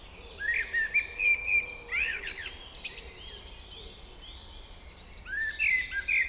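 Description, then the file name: Common blackbird singing short fluty, warbling phrases that rise and fall, several in a row, over steady background hiss. "Turdus merula"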